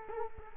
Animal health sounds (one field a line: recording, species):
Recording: mosquito wingbeat signal from an infrared sensor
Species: Culex quinquefasciatus